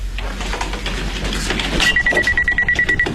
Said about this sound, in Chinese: 恰好此时电话铃响。 哎，我来接。